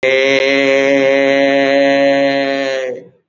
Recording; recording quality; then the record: sustained vowel as in made; excellent, no background noise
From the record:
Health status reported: recovered from COVID-19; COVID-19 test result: positive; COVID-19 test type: RT-PCR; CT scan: taken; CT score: 20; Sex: male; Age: 57 years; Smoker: no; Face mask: not worn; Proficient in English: yes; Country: India